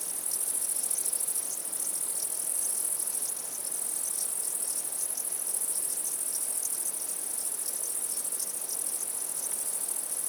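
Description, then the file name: High-pitched cricket chorus trilling without pause, with soft regular chirps pulsing beneath the bright continuous buzz. Crickets at night. "Night Sounds, Cricket Sounds, Sounds of Nature Zone"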